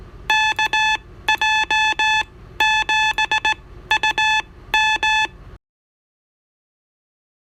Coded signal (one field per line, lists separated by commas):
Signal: Morse code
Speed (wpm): 18 wpm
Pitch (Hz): 870 Hz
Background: none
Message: KJ7UM